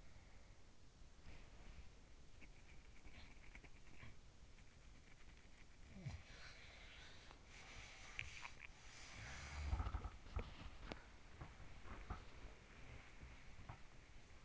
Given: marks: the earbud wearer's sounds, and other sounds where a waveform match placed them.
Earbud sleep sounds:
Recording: sounds in sleep by an in-ear microphone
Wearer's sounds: breath, body movement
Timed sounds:
0.00-2.17 s: breath
1.61-14.45 s: body movement

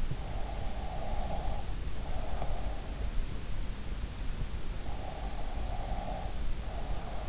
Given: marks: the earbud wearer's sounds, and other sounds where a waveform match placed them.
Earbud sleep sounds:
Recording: sounds in sleep by an in-ear microphone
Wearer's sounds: breath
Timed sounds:
0.25-2.70 s: breath
5.16-7.29 s: breath

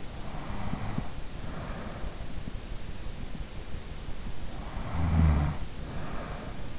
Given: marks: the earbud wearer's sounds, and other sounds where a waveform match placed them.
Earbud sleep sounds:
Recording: sounds in sleep by an in-ear microphone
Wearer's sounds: snoring breath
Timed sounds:
0.10-2.21 s: snoring breath
4.52-6.79 s: snoring breath

